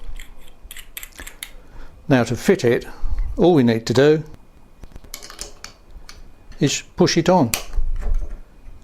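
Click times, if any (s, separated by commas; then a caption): none. A magnetic brake conversion unit is handled and pushed onto the sideplate of a CT multiplier fishing reel, making short, sharp plastic-and-metal ticks around 0.7–1.4 s and again around 5.1–5.6 s while someone talks. Nothing has seated or clicked into place yet by the end of the clip.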